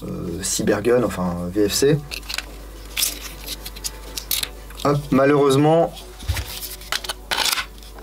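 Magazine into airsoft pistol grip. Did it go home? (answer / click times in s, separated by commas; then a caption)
no / none. An aftermarket-compatible magazine is inserted into the grip of a Tokyo Marui Glock 19 Gen3 airsoft pistol while someone talks, with a few short, sharp knocks near 4.2–4.4 s and 7.0 s. The magazine fits and looks good but does not lock in place, so nothing has clicked or latched yet; it has to be ground a bit to latch.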